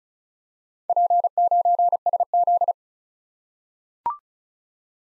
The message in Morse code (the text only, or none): P9SZ